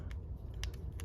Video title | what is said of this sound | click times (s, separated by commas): Transformers Legacy JHAXIUS (Voyager Class) Review | You can fold the head out just like that. It'll make a little click. | 0.6 s